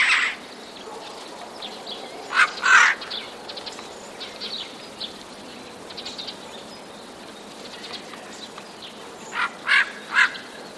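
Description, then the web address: Eurasian jay alarm call: paired hoarse, grating screeches near the start, a long quiet gap with faint chatter, then three rasping shrieks in quick succession near the end. Recorded 31 March 2013, described as a sparrow warning. "wroblowe ostrzegator sojki 31 03 2013"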